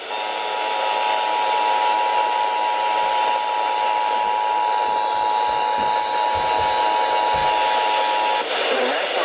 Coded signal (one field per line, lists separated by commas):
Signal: Emergency Alert System (SAME) tones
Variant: 853 and 960 Hz attention tone